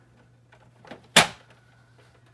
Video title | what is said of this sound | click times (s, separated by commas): Honey Bee Acres: Buzzby Farmhouse unboxing, assembly, and review | and you hear that nice click and that's settling in | 1.2 s